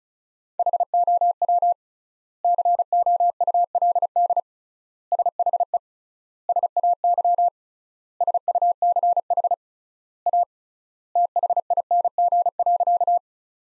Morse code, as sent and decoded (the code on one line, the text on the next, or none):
.... --- .-- / -.-. --- ..- .-.. -.. / ... .... . / ... .- -.-- / ... ..- -.-. .... / .- / - .... .. -. --. .-.-.-
HOW COULD SHE SAY SUCH A THING.